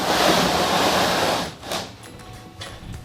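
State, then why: Not seated. A wooden swing door panel for a cabinet is lined up in its grooves and slid down by hand. A broad, loud rushing noise fills the first 1.5 seconds, then drops to quieter scraping with a brief burst near 1.7 seconds and a short knock at about 2.6 seconds. Nothing has seated or locked into place yet.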